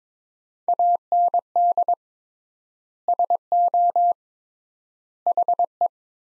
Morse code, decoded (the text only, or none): AND SO HE